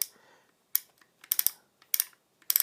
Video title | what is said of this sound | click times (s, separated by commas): Heritage Rough Rider Single Action Revolver Review | and so it keeps it from going around it's a very positive click | 0.8 s, 1.9 s